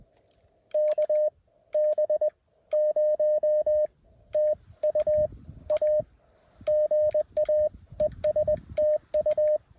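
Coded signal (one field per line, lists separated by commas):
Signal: Morse code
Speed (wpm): 20 wpm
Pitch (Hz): 610 Hz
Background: radio noise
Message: KB0TUA GA ES TU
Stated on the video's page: CW POTA activation on a hike-in summit in the Wichita Mountains.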